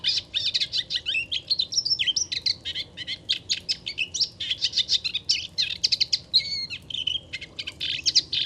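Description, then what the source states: Moustached warbler delivering dense, scratchy chatter with interspersed clear whistles, the song flowing quickly and almost unbroken throughout. Virtuoso bird singing in a reedbed along Chemin de Fangassier, Camargue, France, 23 March 2019; no wind; hard to see in the reeds; recorded with Wildtronic parabola, MKH8020 and MixPre-3.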